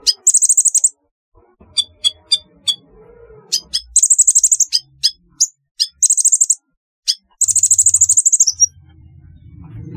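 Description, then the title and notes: Sunbird sounds: thin high buzzy trills alternating with single sharp chirps, with some low background noise. "Kicau Burung Kolibri"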